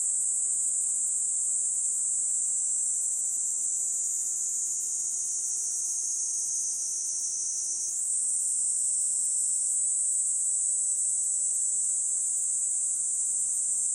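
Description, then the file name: Cicada song: a continuous, high-pitched hissing buzz held steady throughout, dipping slightly partway and then returning to full strength, with no other sounds. "Platypleura kaempferi"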